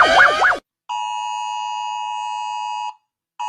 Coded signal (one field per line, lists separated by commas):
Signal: Emergency Alert System (SAME) tones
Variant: 853 and 960 Hz attention tone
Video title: Rating eas alarms